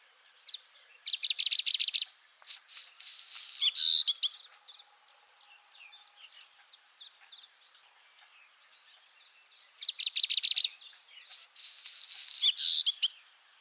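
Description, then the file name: Black redstart song: two high bouts, each opening with a fast rattling series of notes and ending in a scratchy, buzzy flourish, with a quiet gap between them. Subspecies gibraltariensis. "Phoenicurus ochruros gibraltariensis"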